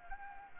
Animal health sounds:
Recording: mosquito wingbeat signal from an infrared sensor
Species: Anopheles arabiensis

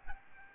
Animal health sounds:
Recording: mosquito wingbeat signal from an infrared sensor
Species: Aedes albopictus

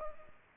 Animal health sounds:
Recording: mosquito wingbeat signal from an infrared sensor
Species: Culex pipiens

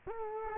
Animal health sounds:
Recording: mosquito wingbeat signal from an infrared sensor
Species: Culex quinquefasciatus

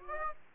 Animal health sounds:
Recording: mosquito wingbeat signal from an infrared sensor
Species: Aedes aegypti

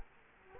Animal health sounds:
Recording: mosquito wingbeat signal from an infrared sensor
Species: Culex quinquefasciatus

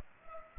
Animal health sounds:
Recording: mosquito wingbeat signal from an infrared sensor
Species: Culex pipiens

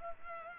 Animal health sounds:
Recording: mosquito wingbeat signal from an infrared sensor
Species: Culex pipiens

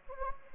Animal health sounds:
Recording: mosquito wingbeat signal from an infrared sensor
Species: Anopheles gambiae

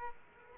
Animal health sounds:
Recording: mosquito wingbeat signal from an infrared sensor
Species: Aedes aegypti

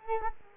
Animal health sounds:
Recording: mosquito wingbeat signal from an infrared sensor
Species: Culex quinquefasciatus

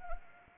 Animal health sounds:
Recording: mosquito wingbeat signal from an infrared sensor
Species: Anopheles arabiensis

